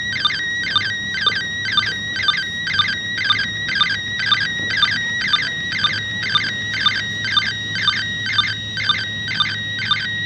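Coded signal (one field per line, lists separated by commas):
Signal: SSTV (slow-scan television)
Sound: warbling tone repeating about twice a second with short low ticks, slightly buzzy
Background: radio static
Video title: ARISS SSTV Lunar Exploration Dec. 31, 2021 10:35pm pst grid-PK04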